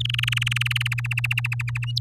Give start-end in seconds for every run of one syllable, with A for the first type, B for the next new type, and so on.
0.00-0.94 A, 0.98-1.85 B